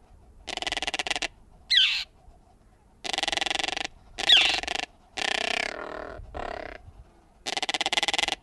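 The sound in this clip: Caracara giving harsh, grating rattles in bursts under a second long, separated by pauses, with two sharp descending squeals mixed in.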